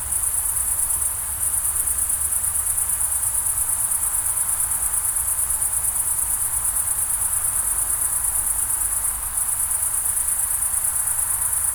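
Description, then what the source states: Crickets trilling without pause in a shrill, evenly pulsed chorus that dips briefly twice, set against a soft continuous low rush of water. Summer night ambience in the Pyrenees mountains, France; crickets with a distant river.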